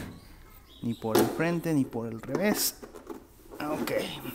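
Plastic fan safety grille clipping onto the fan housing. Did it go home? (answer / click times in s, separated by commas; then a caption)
no / none. Someone talks while handling the plastic safety grille of a Taurus Air Black 50 fan, having turned it around after fitting it backwards and pushing it toward its clip on the fan housing. Speech fills most of the clip, with quiet handling in between. Nothing has seated or clicked yet.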